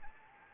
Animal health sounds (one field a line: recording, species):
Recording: mosquito wingbeat signal from an infrared sensor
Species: Anopheles arabiensis